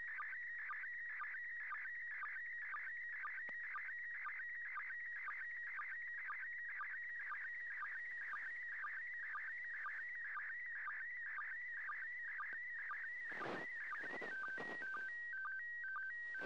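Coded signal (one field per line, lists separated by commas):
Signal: SSTV (slow-scan television)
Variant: PD120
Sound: warbling tone scanning steadily with rhythmic low sync ticks, then stepped tone sequence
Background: radio static bursts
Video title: 29th First Pass. Slow Scan Television (SSTV) images transmitted from the International Space Station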